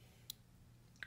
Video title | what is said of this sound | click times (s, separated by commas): Robert Carter Generalist, Hinderer xm-18, Microtech QD Scarab, and Ultratech- EDC Pocket Dump! | heard it click in watch | 0.3 s, 1.0 s